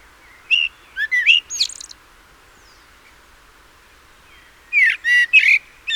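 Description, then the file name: Common blackbird delivers two short song phrases of mellow whistled notes and squeaky twitters, with roughly three seconds of quiet between them. "Turdus merula"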